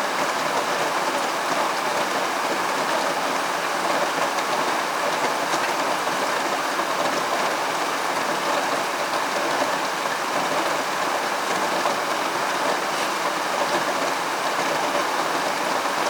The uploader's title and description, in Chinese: 下的那場雨。梅雨第二波